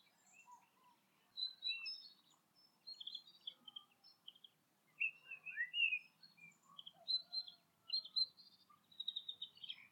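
Bird song of bright, varied chirping phrases of quick high notes and short trills, coming in clustered bursts after a quiet start.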